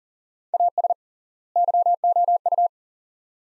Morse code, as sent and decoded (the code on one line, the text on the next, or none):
.- ... / -.-- --- ..-
AS YOU